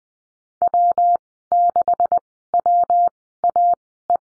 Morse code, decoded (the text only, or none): W6WAE